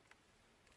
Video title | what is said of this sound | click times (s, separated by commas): 2011-2017 Nissan Quest Install Combination Turn Signal Wiper Switch Clock Spring Angle Sensor | I just press it until it locks in place. | 0.1 s